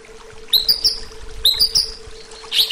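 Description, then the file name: Greater green leafbird giving bursts of high, bright chirping notes, with a steady low hum underneath. Bird training (terapi) recording. "terapi cucak ijo"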